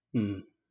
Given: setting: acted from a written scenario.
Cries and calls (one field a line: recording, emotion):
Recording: vocal sound without words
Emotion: neutral